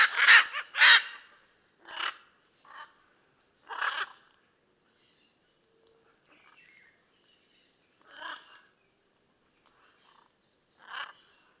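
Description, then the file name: Blue-and-yellow macaw giving loud, coarse squawks, two close together at the start, then single calls spaced a couple of seconds apart, with quiet gaps. "Blue and yellow Macaw Ara ararauna"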